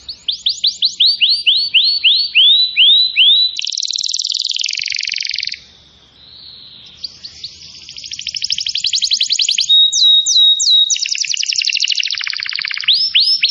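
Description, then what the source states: Atlantic canary song opening with repeated downward-sweeping notes, then buzzy rolls, a brief pause near six seconds, rapid trills, and sharp chips and sweeps at the end. Song used to lure birds.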